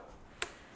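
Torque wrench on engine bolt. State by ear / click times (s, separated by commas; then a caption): torque reached / 0.4 s. A torque wrench is pulled again on an engine bolt during a rebuild of a damaged Range Rover engine. It gives a single sharp, bright click at 0.4 seconds over a quiet background, confirming it has reached torque.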